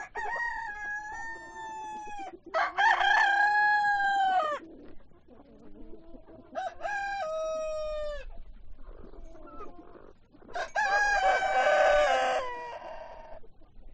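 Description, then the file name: Chicken crowing: several long harmonic rooster crows in succession, with softer clucking in the pauses between them. Chickens on a chicken farm. "west wolf Chicken farm"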